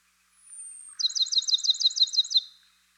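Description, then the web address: Bachman's sparrow song: a thin, high whistle sliding slightly down, then a rapid, even trill of short bright notes lasting about a second and a half. Eastern North America. "Dan Gibson Wildlife Identification By Sound, Eastern North America Pt 2. Bachman's Sparrow"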